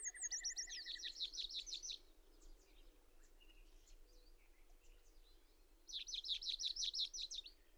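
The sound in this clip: Bird song: descending whistles and a low rattle open into a rapid trilled phrase, scattered chirps follow, then another fast trill, over steady background hiss.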